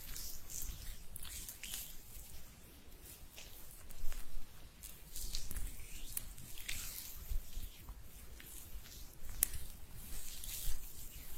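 Hands rubbing together, a soft continuous hiss of skin on skin that swells and fades in uneven strokes. The friction is bright and airy, with a louder burst around four seconds and a few sharp clicks, one near nine and a half seconds.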